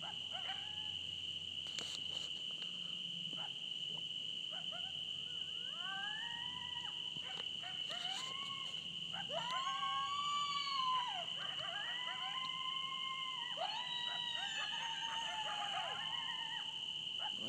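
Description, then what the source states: Coyotes give a few short calls at first, then several overlapping, quavering howls that bend up and down, over a steady high-pitched drone. More than one coyote.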